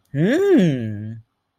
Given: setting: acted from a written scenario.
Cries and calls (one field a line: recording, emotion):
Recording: vocal sound without words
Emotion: pride